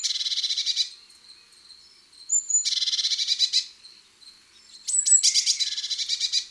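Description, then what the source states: Blue tit churring: three dry, buzzy rattling bursts of rapid notes, separated by thin, high, sustained tones and brief sharp chips. Blue tit's well-known 'tserrededet' churring call.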